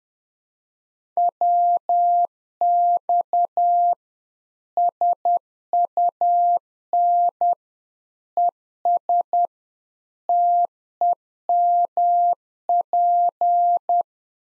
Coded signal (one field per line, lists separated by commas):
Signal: Morse code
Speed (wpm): 10 wpm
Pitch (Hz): 700 Hz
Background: none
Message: WX SUN ES TEMP